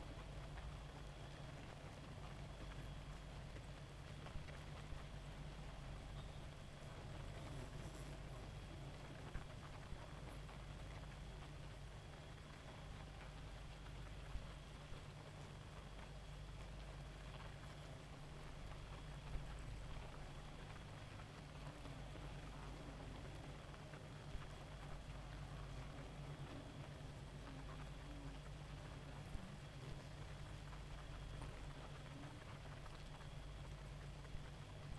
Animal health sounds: honeybee colony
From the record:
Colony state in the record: active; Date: 28 July 2017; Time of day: 1:24

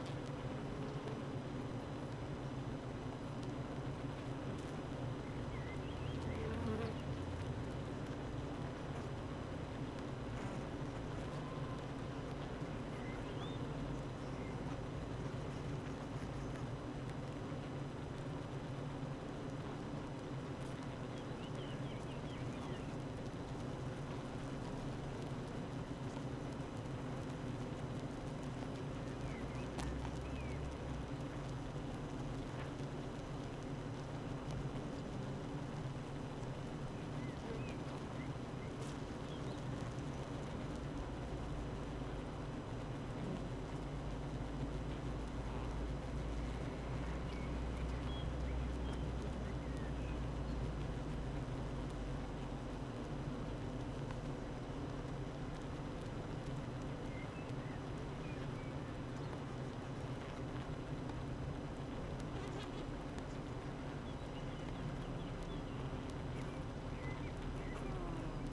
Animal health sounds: honeybee colony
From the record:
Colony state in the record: active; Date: 12 June 2018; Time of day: 8:48

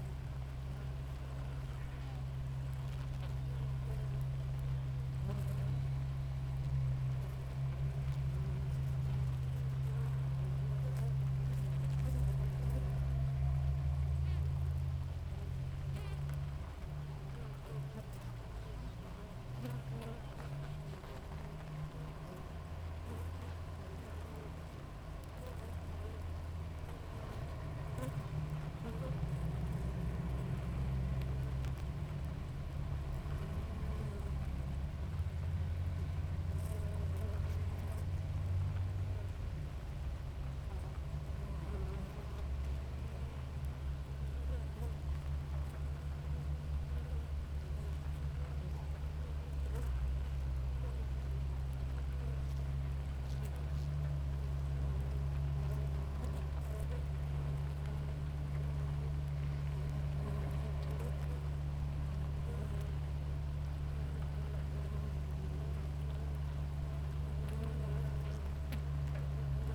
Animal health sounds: honeybee colony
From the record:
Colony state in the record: active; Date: 28 July 2017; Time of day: 6:41

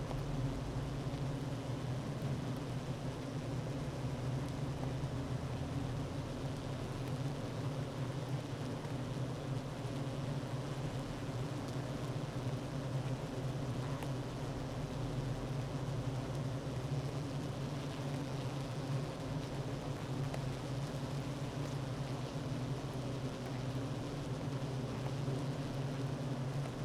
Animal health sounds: honeybee colony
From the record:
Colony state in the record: active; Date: 12 June 2018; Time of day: 9:47

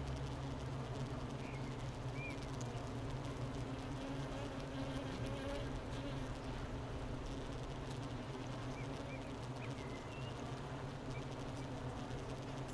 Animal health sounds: honeybee colony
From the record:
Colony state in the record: missing queen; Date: 31 May 2018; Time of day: 11:56

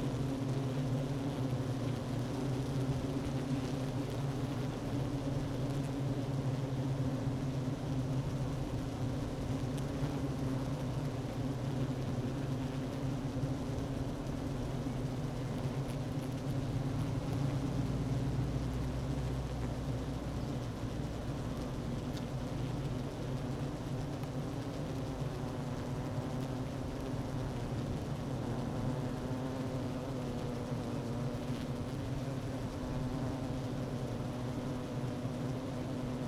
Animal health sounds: honeybee colony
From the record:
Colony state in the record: active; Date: 12 June 2018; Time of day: 11:22

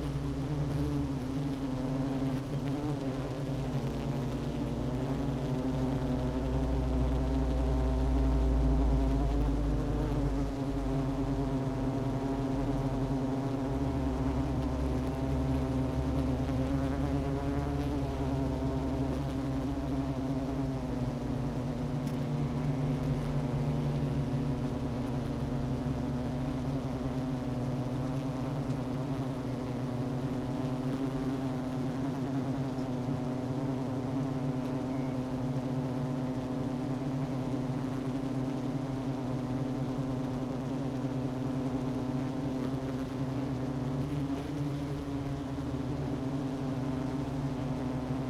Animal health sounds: honeybee colony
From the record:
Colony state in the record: active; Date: 12 June 2018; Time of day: 10:51

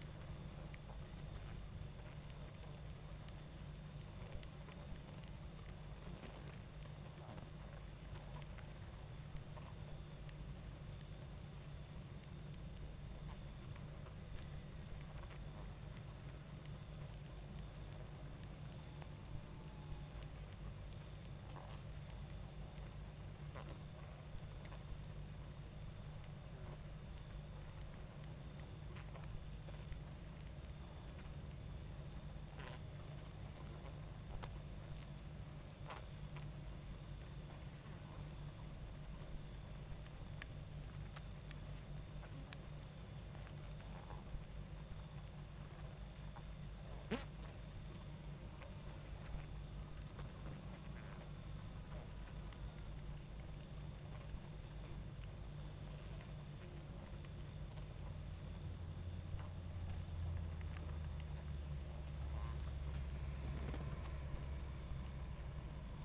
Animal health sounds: honeybee colony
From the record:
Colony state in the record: active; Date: 28 July 2017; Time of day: 21:18

